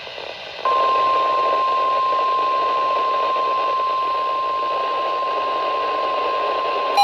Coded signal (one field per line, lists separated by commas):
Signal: Emergency Alert System (SAME) tones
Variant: 1050 Hz attention tone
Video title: Spring Break Slight EAS Alerts from: 3/15/26 - 3/16/26